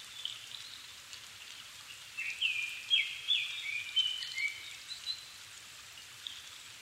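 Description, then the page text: Japanese thrush song with a burst of mellow whistles and quick slurred notes in the middle, surrounded by a constant patter of rain. Japan, 7 May 2011 at 17:59, altitude 270 m; recorded with Sony PCM-D50 and Panasonic WM-61A mic. "Turdus cardis [Sounds -Nikko Today-]"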